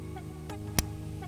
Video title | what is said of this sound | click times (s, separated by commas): Machinewise Chanwich Maintenance Tutorial | put pressure downwards, light pressure, and I'll turn it like as if I'm unscrewing it until there's a click. | 0.8 s